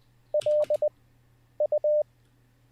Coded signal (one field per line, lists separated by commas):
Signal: Morse code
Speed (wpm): 20 wpm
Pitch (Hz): 600 Hz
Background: none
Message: LU